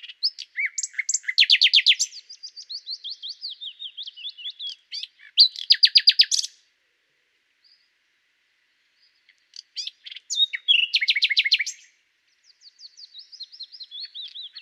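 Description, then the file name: Common nightingale song in separate phrases of varied chirps and whistles, several with a loud rapid trill of repeated notes, with silent pauses between phrases. "Luscinia megarhynchos"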